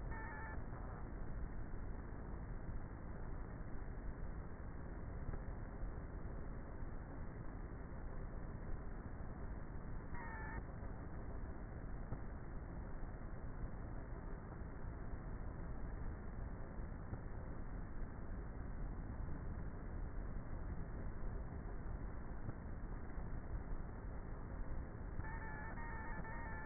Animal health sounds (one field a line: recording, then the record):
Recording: honeybee colony, microphone inside the hive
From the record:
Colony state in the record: queenless with a low population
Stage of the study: before two queens were removed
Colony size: about 30,000 bees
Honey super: no